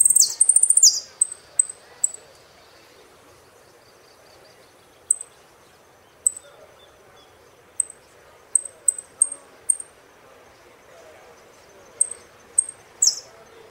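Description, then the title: Saffron finch song: a short rush of high sweeping notes at the start, then scattered thin high chips spaced irregularly over the rest. "Jilguero Argentino"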